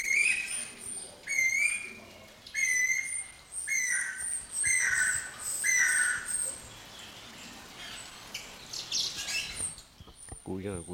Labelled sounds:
Guira Cuckoo (Guira guira)
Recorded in captivity
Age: adult
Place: Zoo Berlin, Berlin, DE
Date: 1992-05-09 10:34
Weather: wechselnd wolkig, böiger Wind, 10-12°C
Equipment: Nagra SN, Mikrofon AKG CK 8, Kopie Tesla B 116
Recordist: Tembrock, Günter

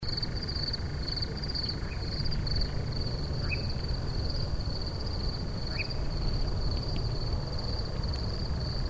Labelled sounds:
Eurasian Nightjar (Caprimulgus europaeus) call
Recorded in the wild
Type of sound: call
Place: Schönow, Naturpark Barnim, Brandenburg, DE
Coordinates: 52.6947, 13.5039
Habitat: heather
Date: 2013-06-08 22:48
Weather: clear, windless, 20°C
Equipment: Sound Devices 702, Sennheiser MKH 70, Rycote Windschutz
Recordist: Frommolt, Karl-Heinz
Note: Nordteil des Naturschutzgebietes Schönower Heide: Flugrufe eines Ziegenmelkers

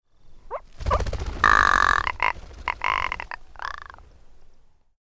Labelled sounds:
Rock Ptarmigan (Lagopus muta)
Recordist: Frommolt, Karl-Heinz
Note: Kontaktlaute der Henne und Hahn beim Abflug

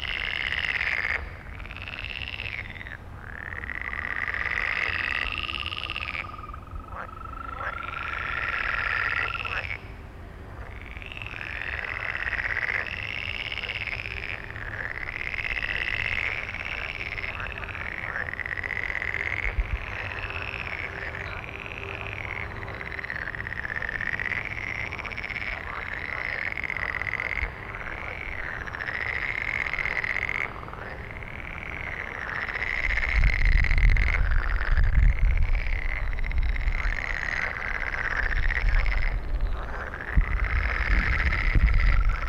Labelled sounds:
Green Toad (Bufo viridis) call
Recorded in the wild
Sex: male
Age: adult
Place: Malchower Aue, Berlin, DE
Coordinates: 52.5817, 13.4869
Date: 1990-05-16 22:23
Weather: Temperatur: Luft - 14,5°C, Wasser - 17,5°C
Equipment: Uher 4400 Report Monitor, Sennheiser MKH 416 T
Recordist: Frommolt, Karl-Heinz

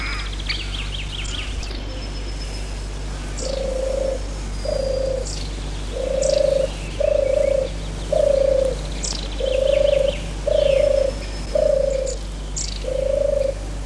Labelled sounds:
European Turtle Dove (Streptopelia turtur) song
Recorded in the wild
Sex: male
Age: adult
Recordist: Meyer, Hugo

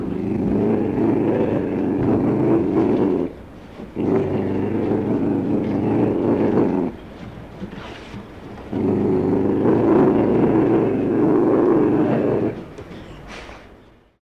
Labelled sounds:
Ocelot (Leopardus pardalis)
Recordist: Tembrock, Günter
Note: Knurren eines Männchen

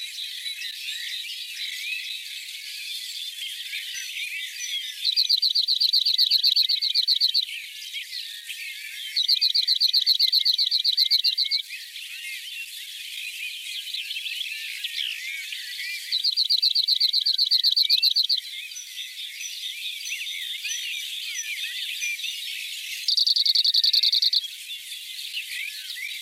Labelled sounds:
Cirl Bunting (Emberiza cirlus) song
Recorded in the wild
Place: Schönberg / Gemeide Ebringen / Hochschwarzwald, Baden-Württemberg, DE
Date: 1984-05-19
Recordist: Schwarz, Dieter

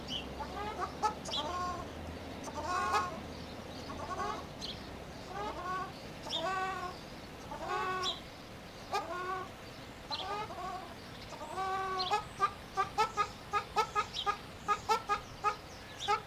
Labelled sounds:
Ruddy Shelduck (Tadorna ferruginea) call
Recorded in captivity
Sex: pair
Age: adult
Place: Zoo Berlin, Berlin, DE
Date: 1998-03-21
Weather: sunny, ca. 0°C
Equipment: Nagra SN, Kopie Uher 4000 Report Monitor
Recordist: Tembrock, Günter

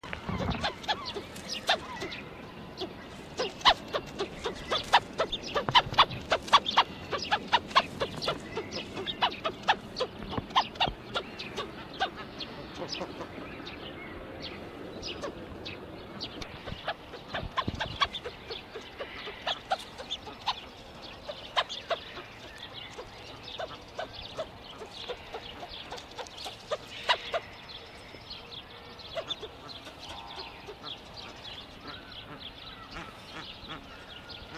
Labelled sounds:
Spur-winged Goose (Plectropterus gambensis) call
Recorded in captivity
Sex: male
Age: adult
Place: Tierpark Berlin, Berlin, DE
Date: 1966-04-30 17:00
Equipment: Uher 4000 Report-S, Transistorverstärker II, Sennheiser MD 421
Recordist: Tembrock, Günter
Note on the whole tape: Männchen: Laute. Abstand 3 m

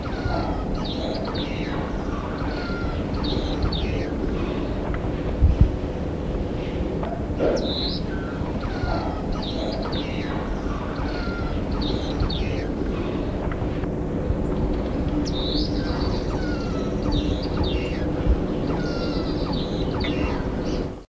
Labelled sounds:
Star Finch (Neochmia ruficauda) call
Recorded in captivity
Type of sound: call
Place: Zoo Frankfurt, Hessen, DE
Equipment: Halbspur, 9,5 cm/s
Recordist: Lütgens, Hans
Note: Rufe

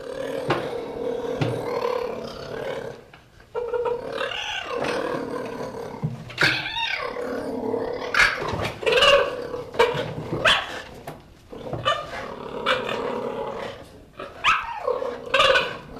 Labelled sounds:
Cheetah (Acinonyx jubatus)
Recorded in captivity
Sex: pair
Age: adult
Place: Zoo Leipzig, Sachsen, DE
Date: 1966-10-22 15:45
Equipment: Uher 4200 Report Monitor, Sennheiser MD 421, Transistorverstärker
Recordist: Tembrock, Günter

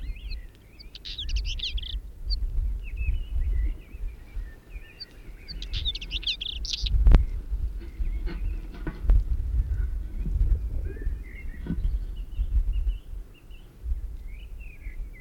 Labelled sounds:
Northern Wheatear (Oenanthe oenanthe) song
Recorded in the wild
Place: Lakatnik, Sofia, BG
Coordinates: 43.053, 23.409
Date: 1974-05-19
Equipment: Nagra III BH, Sennheiser MD 21, parabola
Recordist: Schubert, Michael

